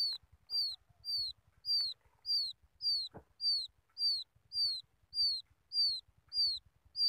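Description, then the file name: Quail chick calling with piercing, down-slurred whistles at a steady pace of about one every 0.6 seconds, with a short click midway. Quail chick calling its mother. "tieng cut con goi me"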